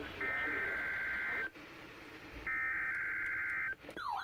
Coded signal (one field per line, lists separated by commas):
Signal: Emergency Alert System (SAME) tones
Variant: header bursts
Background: speech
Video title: Required Weekly Test Day (EAS #773-776)